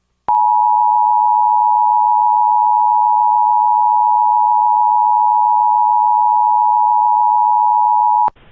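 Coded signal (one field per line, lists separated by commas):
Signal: Emergency Alert System (SAME) tones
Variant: 853 and 960 Hz attention tone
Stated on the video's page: High Wind Warning received from weather radio station in Columbus, Ohio.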